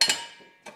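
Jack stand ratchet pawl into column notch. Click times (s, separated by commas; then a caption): 0.0 s, 0.7 s. A steel jack stand under a GR86 is raised two ratchet notches to match the stand on the other side, its ratchet pawl clicking into the column notches. Two sharp metallic clicks ring out at 0.0 s and 0.7 s, the first with a bright ringing decay. The pawl seats in the second notch, and the stand is confirmed at two clicks.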